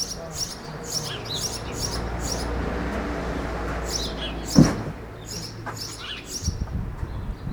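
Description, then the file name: House sparrow chirps, a steady scatter of high sharp notes over a constant low traffic-like hum, with one loud knock midway. "Passer domesticus"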